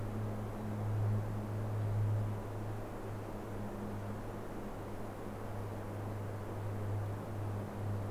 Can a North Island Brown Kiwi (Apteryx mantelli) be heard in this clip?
no